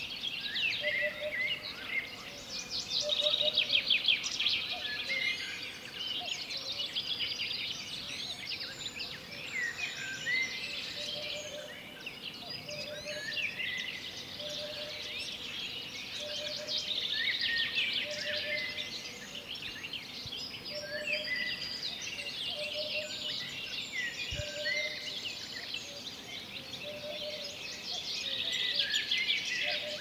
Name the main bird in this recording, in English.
Eurasian Hoopoe